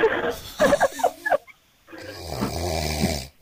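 A single steady, low buzzing snore on one in-breath from a sleeping adult man, after a short burst of other sound and a pause. The snoring is classic and steady; he has snored for years, it is getting worse, and it starts about two minutes after he lies down and continues all night.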